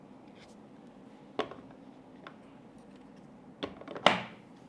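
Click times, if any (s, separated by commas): 4.1 s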